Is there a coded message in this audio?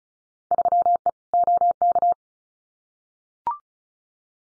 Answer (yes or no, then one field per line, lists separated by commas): yes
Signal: Morse code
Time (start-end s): 0.5-2.1 s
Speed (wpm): 36 wpm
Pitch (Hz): 700 Hz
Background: none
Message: 3E OK